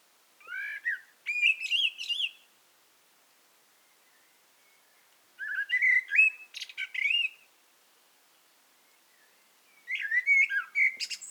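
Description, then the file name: Eurasian blackbird song: three separate phrases with pauses between, each of mellow fluted notes ending in squeaky high twittering. "Turdus merula"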